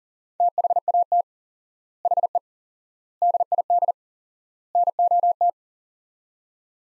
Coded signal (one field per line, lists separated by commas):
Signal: Morse code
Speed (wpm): 39 wpm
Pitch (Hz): 700 Hz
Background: none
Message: THAT HE DID NOT